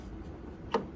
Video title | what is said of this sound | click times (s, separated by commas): April 4, 2025 | fits in there and it locks in place | 0.7 s